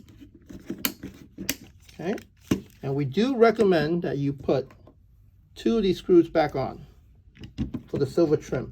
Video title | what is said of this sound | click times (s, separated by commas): Chasing JS titanium boot delete install for Honda Civic Type R FK8 | You're going to hear the snap. | 0.8 s, 1.5 s